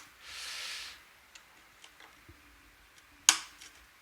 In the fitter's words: all right here click so that's two